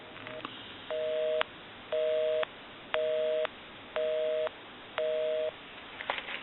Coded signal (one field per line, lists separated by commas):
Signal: telephone call progress tone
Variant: North America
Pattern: busy tone